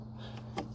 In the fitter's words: make sure it pushes down and clicks into place